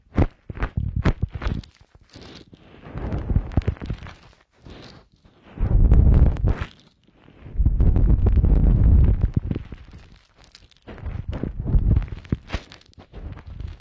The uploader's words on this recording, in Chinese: 姐姐的梵天掏耳。